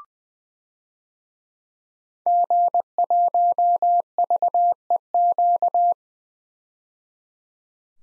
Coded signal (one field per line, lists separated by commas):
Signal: Morse code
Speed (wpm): 20 wpm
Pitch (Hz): 700 Hz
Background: none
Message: G1VEQ